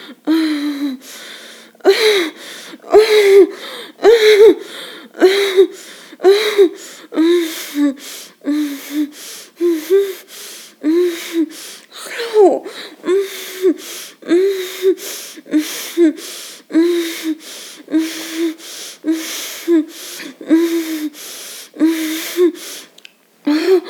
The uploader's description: Moans of a Lady getting Orgasm (Climax)